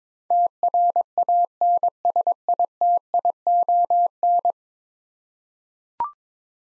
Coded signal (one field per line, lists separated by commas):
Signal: Morse code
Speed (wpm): 22 wpm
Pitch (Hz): 700 Hz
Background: none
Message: TRANSITION